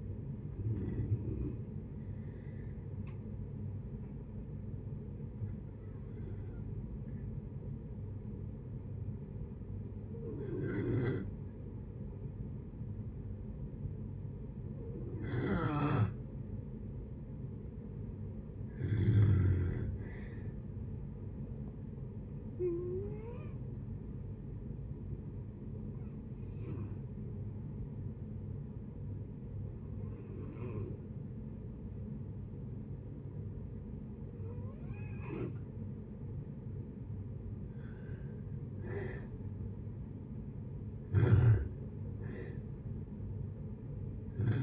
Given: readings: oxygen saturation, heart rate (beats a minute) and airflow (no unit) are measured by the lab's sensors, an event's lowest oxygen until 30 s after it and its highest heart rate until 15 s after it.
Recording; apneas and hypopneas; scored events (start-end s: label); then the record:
breathing in sleep by a smartphone at the bedside; 2
3.00-17.50 s: hypopnea (N1, oxygen 95% highest, then 90% lowest, heart rate 64 at the start, 69 highest)
24.00-39.10 s: hypopnea (N1, oxygen 93% highest, then 88% lowest, heart rate 69 at the start, 71 highest)
From the record:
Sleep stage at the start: N1 (lightest sleep); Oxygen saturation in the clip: 90 to 95%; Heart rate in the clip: 62 to 69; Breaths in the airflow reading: 11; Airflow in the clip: -7.3 to 7.3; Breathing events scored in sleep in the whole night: 496 in 5.4 hours asleep